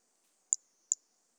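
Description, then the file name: Brachycephalus mirissimus toadlet calling: two very short, high-pitched chirping notes about 0.4 seconds apart, against near silence. Recorded 18 January 2018; one individual (individual 04), later collected as a museum specimen. "Brachycephalus mirissimus 18 jan 2018 individual 04 ex 03 A E Confetti collected"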